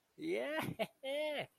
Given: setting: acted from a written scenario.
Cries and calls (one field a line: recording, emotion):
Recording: vocal sound without words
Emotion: elation